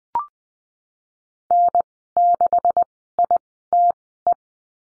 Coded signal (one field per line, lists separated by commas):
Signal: Morse code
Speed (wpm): 20 wpm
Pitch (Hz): 700 Hz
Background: none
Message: N6ITE